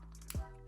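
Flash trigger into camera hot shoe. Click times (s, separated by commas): 0.3 s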